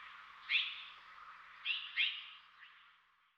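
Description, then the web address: Mexican jay calls: a few short, ringing notes, given singly and in a quick pair, over faint background hiss. Western North America. "Dan Gibson Wildlife Identification By Sound, Western North America. Mexican Jay"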